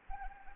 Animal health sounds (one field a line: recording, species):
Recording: mosquito wingbeat signal from an infrared sensor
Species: Anopheles arabiensis